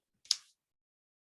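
The plastic clasp on a waterproof action-camera housing, with the camera inside, is snapped down to close the housing door again in a repeat of the same step. A faint rustle at 0.2 s leads into a sharp, bright click at 0.3 s that fades quickly, followed by silence. The clasp seats, and the housing closes and seals perfectly.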